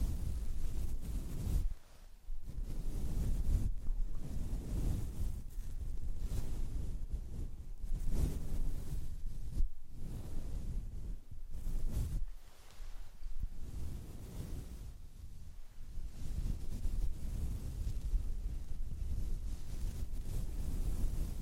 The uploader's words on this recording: ASMR Brushing. Stroking the mic with the wind muff (intense).